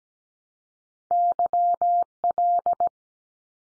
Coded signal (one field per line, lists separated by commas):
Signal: Morse code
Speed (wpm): 17 wpm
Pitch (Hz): 700 Hz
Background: none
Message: YL